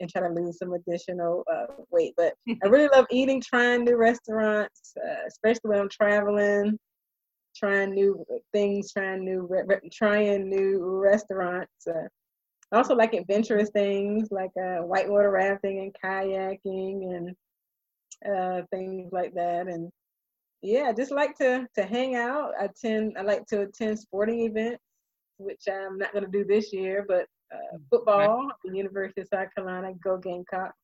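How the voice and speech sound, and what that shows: An adult woman who stutters speaks conversationally with repeated phrases and part-words, such as restarting "trying new re-" several times and repeating "to," plus drawn-out sounds, creaky fillers and frequent pauses. These are stuttering disfluencies: repetitions, prolongations and interjections. She covertly stuttered most of her life and now stutters openly; her stuttering began in high school with disfluencies on vowel sounds.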